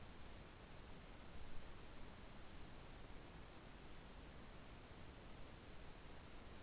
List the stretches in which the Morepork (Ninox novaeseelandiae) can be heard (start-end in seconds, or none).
none